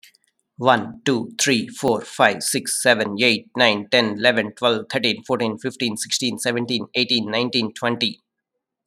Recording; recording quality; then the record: counting at a fast pace; excellent, no background noise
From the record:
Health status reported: COVID-19 positive, no symptoms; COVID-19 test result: positive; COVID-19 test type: RT-PCR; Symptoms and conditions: cold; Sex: male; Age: 40 years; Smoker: no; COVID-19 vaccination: both doses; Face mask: not worn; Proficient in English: yes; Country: India